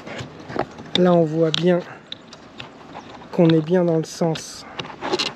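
A plastic wiring connector is handled at its mating socket in the trunk-lid harness while the rear-light wiring is being repaired, checked to be facing the right way. Someone talks over small, sharp handling ticks around 0.6, 2.1, 2.3, 2.6 and 4.8 seconds. Nothing has seated or clicked yet; the clip ends just before the connector goes home.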